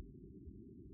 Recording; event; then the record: neck accelerometer signal played as sound; no cough (speech, laughter, throat clearing or background)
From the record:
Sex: female